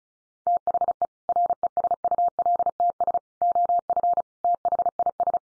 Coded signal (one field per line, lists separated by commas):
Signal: Morse code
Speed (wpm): 34 wpm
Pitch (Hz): 700 Hz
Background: none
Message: THE RESULTS OF THIS